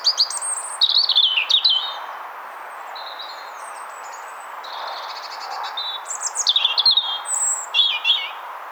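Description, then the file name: European robin song in varied high phrases, trills and descending sweeps separated by short pauses, with faint thin notes between them and soft background hiss. "Erithacus rubecula"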